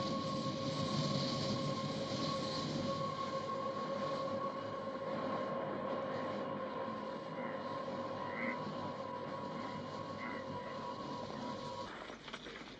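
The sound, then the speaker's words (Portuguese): A train rolls along the railway with a steady, continuous roar, clattering texture and a couple of sustained humming tones running through it, easing slightly toward the end. “Lá está a ferrovia.”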